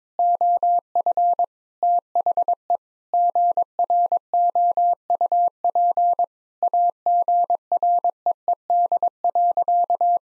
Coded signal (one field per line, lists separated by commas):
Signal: Morse code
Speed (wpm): 22 wpm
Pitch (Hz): 700 Hz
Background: none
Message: OF THE GROUP AGREED.